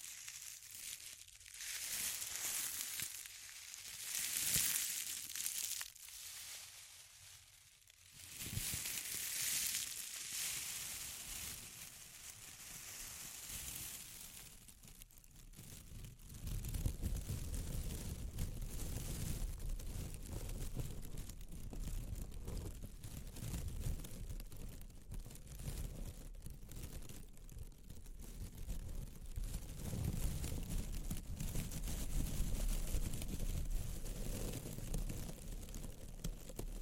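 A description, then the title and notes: Close-up crinkling in bright bursts through the first half, then a denser, lower rustling and crushing churn runs steadily to the end. ASMR Intense Close-Up Crinkles (No Talking).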